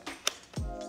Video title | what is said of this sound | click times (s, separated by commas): SpeedShaft Descaling - Quality for Less $$$! | that locks in place and now you | 0.3 s